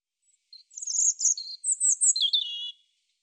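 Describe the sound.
European robin song, two liquid warbled phrases of high thin whistles and twitters, the second ending in a lower drawn-out note, quiet clean background.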